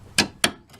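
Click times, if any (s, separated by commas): 0.2 s, 0.4 s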